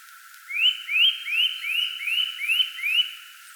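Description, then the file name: Eurasian nuthatch giving a fast series of seven rising whistled notes, about two and a half per second, evenly paced and clear over quiet background. "Sitta europaea"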